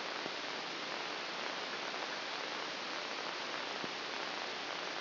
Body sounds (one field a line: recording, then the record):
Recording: brain microelectrode recording played as sound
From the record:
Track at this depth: inside the subthalamic nucleus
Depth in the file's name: 1.804 mm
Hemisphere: right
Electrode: 2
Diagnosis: Parkinson's disease